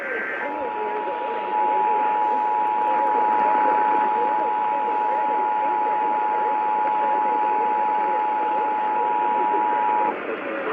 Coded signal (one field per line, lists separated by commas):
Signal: Emergency Alert System (SAME) tones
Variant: 853 and 960 Hz attention tone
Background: speech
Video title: [EAS #2677-#2685] Los Angeles County Required Monthly Tests (8/29/23)